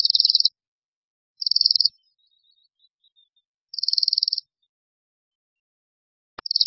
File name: Brkoslav severní